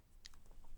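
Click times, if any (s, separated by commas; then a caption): none. A female XLR cable plug is handled at the three-pin XLR input on the bottom of a Stellar X2 condenser microphone. Faint scrapes and small ticks are heard, with a brighter, sharper tick around 0.3 s over a low steady background. Nothing has seated or clicked yet.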